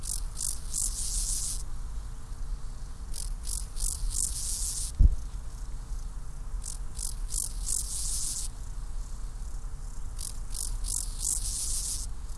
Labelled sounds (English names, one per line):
Steppe Grasshopper stridulation